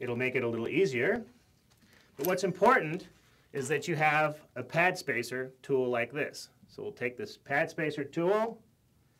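Someone talks while handling a plastic pad spacer tool for an Avid Juicy 7 disc brake caliper, ready to slide it in between the brake pads. Nothing has seated or clicked into place yet.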